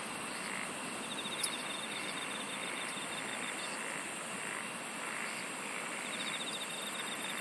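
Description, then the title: Insects chirping: a steady high shrill hum with short pulsed trills recurring, over a constant hiss. "SINGING OF INSECTS"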